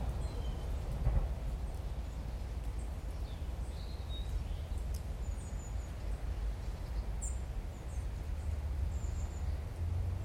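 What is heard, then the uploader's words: Park Covert woodland in Holbrook, Suffolk: a steady low rumble underneath, with scattered high bird chirps and whistles throughout. Park Covert, Holbrook, Suffolk.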